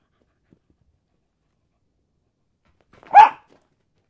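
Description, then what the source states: Dog giving a single sharp bark about three seconds in, otherwise near silence. Dog barking while playing fetch.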